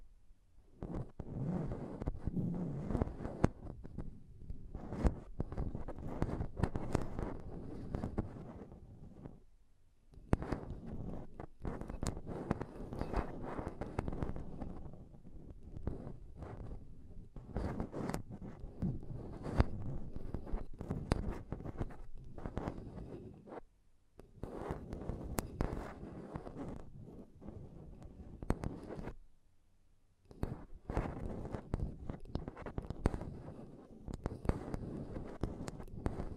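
Intense tapping and scratching on a microphone, dense bursts of rough knocks and rubbing with brief silent gaps near 10, 24 and 29 seconds.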